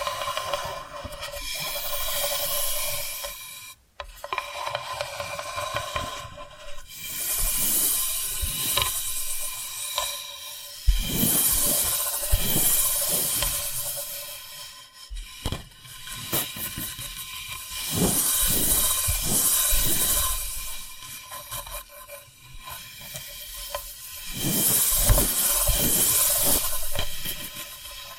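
Tapping and scratching sounds repeat in quick, dense bursts under a steady hiss, with brief pauses near four, eleven and fifteen seconds.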